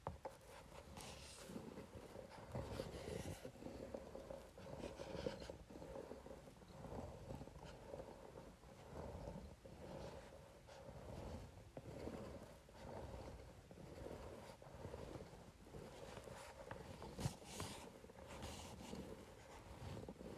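A facial roller rolls back and forth across paper in a steady, rasping rhythm, with brighter scraping bursts recurring every couple of seconds.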